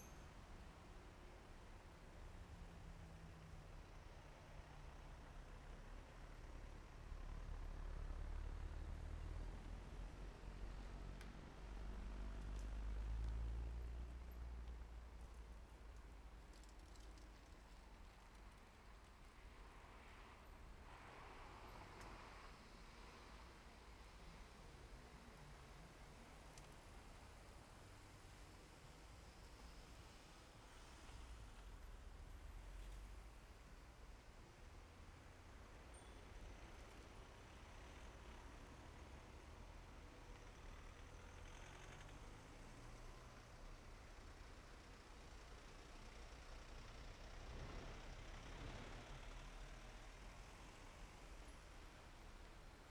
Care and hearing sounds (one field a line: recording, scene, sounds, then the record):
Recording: everyday scene through a hearing-aid microphone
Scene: in traffic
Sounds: traffic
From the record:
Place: main road on the outskirts, rush hour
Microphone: behind the ear, left, rear